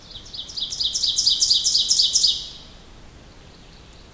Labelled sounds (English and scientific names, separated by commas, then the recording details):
Ovenbird (Seiurus aurocapilla) song
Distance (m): 10 m
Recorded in boreal forest in Alberta, Canada, on 2 June 2016 at 06:00
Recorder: SongMeter 3, array SBT-3-7
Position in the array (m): 49 m, 143 m
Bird 4